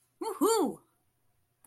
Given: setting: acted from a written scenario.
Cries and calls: vocal sound without words; triumph

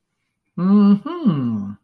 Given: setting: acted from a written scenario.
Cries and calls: vocal sound without words; interest

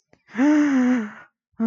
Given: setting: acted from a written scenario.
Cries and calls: vocal sound without words; negative surprise

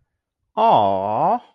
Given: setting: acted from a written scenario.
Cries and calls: vocal sound without words; adoration

